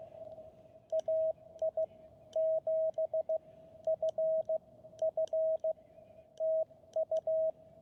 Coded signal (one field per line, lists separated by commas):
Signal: Morse code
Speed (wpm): 15 wpm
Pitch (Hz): 640 Hz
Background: radio noise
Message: AI7FF TU